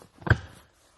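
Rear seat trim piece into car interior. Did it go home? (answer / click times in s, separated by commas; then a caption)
yes / 0.3 s. A plastic rear seat trim piece is pushed back into place in the back seat area of a 2008–2013 BMW 3 Series (E93) convertible during reassembly after a speaker upgrade. A short rustle builds into a sharp snap at 0.3 s, followed by a brief low thud and quiet. The trim seats firmly back in place.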